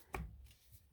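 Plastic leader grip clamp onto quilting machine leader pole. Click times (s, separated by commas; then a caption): 0.1 s. A plastic leader grip clamp that was not fully seated, showing a shadow or discoloration, is pushed fully onto a quilting machine leader pole. It makes one sharp snap at 0.2 seconds, then a quiet stretch. The grip now looks uniform in color, meaning it is seated.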